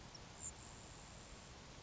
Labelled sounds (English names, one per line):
Grasshopper Sparrow